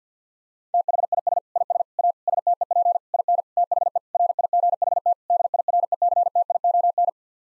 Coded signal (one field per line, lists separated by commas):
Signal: Morse code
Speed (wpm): 50 wpm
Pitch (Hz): 700 Hz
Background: none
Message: THIS IS A STEP IN THE RIGHT DIRECTION